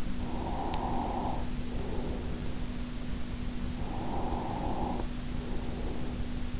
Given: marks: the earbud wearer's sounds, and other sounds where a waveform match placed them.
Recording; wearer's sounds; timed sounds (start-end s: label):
sounds in sleep by an in-ear microphone; breath
0.01-2.42 s: breath
3.58-6.18 s: breath